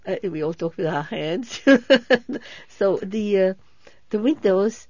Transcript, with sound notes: We all talked with our hands. ( she laughs ) So the, uh, the windows...